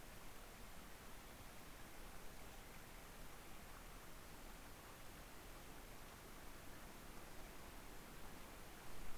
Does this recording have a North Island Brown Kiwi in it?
no